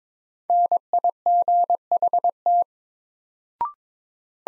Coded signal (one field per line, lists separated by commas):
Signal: Morse code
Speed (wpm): 22 wpm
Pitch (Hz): 700 Hz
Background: none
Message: NIGHT